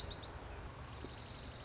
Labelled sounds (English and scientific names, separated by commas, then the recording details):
Dark-eyed Junco (Junco hyemalis)
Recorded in Sonoma County, California